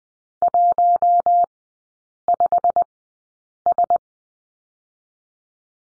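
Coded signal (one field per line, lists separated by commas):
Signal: Morse code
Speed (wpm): 20 wpm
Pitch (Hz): 700 Hz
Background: none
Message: 15S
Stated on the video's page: Morse code course lesson on the letter M, three-character groups, sent at Farnsworth speed 20/10 wpm.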